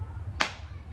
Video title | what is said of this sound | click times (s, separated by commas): Freemie Pump Review - Assembly, First Use + Giving Baby First Bottle | there you go you hear the snap snapped in breast pump complete | 0.4 s